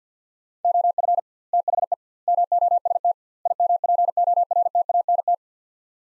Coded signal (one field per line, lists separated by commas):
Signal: Morse code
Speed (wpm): 50 wpm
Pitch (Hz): 700 Hz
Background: none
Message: OF THE MOST IMPORTANT